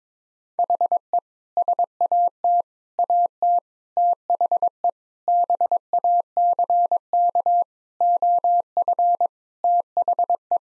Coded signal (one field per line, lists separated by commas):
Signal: Morse code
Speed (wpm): 22 wpm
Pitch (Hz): 700 Hz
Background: none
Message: HE SAT AT THE BACK OF THE